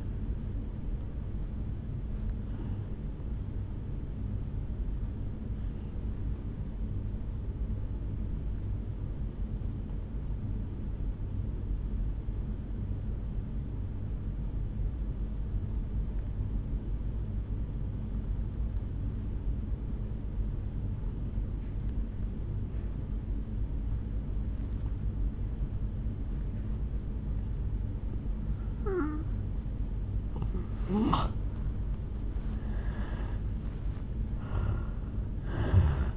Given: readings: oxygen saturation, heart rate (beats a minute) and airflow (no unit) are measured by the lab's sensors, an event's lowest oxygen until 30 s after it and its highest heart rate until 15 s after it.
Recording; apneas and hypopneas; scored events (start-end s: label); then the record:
breathing in sleep by a smartphone at the bedside; 1
9.00-27.90 s: obstructive apnea (N2, oxygen 96% highest, then 81% lowest, heart rate 54 at the start, 72 highest)
35.00-36.17 s: new sleep stage, N1 (lightest sleep)
From the record:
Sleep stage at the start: N2 (light sleep); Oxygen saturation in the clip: 82 to 96%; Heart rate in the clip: 52 to 71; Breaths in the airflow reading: 6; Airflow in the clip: -8.1 to 3.7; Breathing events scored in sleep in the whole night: 449 in 7.0 hours asleep